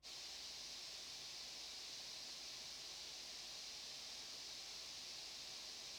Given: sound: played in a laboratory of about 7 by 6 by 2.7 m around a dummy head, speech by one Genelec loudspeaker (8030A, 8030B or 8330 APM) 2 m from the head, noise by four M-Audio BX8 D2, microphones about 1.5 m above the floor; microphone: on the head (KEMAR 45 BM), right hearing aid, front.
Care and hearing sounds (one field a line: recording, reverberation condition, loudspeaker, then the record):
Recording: white noise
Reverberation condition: low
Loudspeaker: four, about 170 cm from the corners of the room and facing them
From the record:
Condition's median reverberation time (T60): about 310 ms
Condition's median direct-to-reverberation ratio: about 3.5 dB